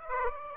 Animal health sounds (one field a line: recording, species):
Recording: mosquito wingbeat signal from an infrared sensor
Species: Aedes aegypti